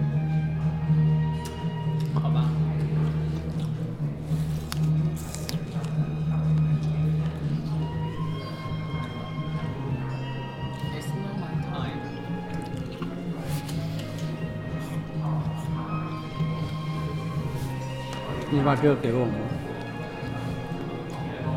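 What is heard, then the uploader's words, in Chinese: Sitting in a café: a steady murmur of voices fills the whole stretch, with a constant low hum underneath. Brief clinks and taps of cups and dishes break through now and then, with a busier clatter of sharp sounds near nineteen seconds. 坐在咖啡馆有点开心｜城市声音。北京地坛旁边 没有特地录说话声。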